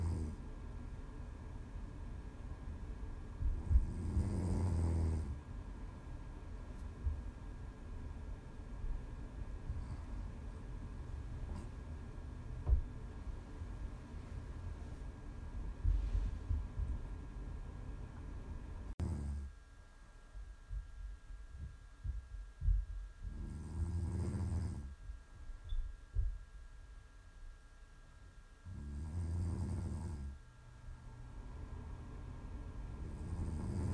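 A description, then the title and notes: Snoring with deep, rumbling breaths that swell into louder snorts near 4, 24 and 29 seconds, with softer ones between. A low steady hum fills the first half, then the background drops quieter after about 19 seconds, leaving the snores more exposed. Prime ASMR snoring.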